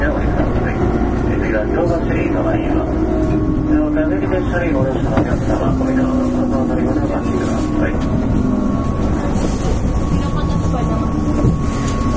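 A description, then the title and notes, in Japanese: Running sound recorded aboard a 6000-series electric train on a limited express, heard from inside the car. A steady, dense low rumble fills all twelve seconds, with a thin constant whine near the middle and faint murmuring voices in the background. 京阪電鉄6000系電車の走行音です。特急列車での収録。区間は葛葉から淀屋橋までです。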